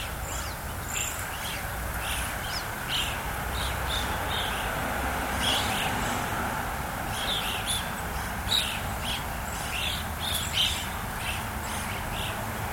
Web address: BBC America. fort kent roadside actuality with starlings roosting